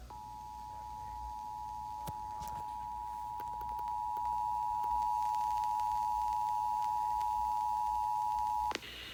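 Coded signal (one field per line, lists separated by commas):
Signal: Emergency Alert System (SAME) tones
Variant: 853 and 960 Hz attention tone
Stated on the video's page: Required Monthly Test of the Emergency Alert System for South Carolina.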